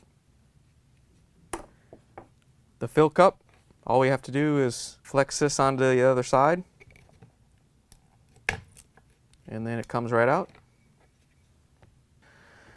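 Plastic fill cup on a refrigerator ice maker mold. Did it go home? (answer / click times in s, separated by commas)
released / 8.5 s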